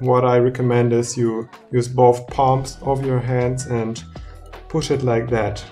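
A 3D-printed 6xAA battery adapter for a Fuji GX680 (II) medium format camera is pressed with both palms into the camera's battery compartment, a tight fit for the first few times, while someone talks over soft background music. Nothing has seated or clicked yet; the adapter is still being handled and is not home.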